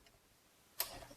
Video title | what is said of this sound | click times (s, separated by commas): How to Fix Sticking Brake Pedal on Buick Lacrosse & Regal, Cadillac SRX & XTS (GM TSB PIC5692D) | Then all you got to do is snap in that retaining clip on the top there, and that side's done. | 0.8 s